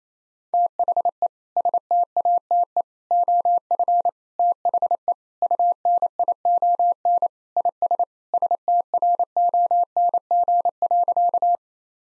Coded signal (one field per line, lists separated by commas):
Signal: Morse code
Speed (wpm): 28 wpm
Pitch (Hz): 700 Hz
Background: none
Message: THE STATE OF THE UNION IS STRONG.